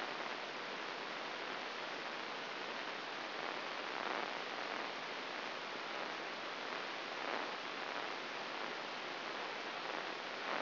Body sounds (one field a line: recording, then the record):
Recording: brain microelectrode recording played as sound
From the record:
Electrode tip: outside the subthalamic nucleus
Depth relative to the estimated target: 2 mm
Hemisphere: right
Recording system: AlphaMap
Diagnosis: Parkinson's disease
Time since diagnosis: 11 years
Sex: female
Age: 60 years